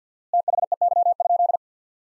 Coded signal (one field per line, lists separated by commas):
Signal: Morse code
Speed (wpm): 49 wpm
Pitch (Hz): 700 Hz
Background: none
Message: THEY?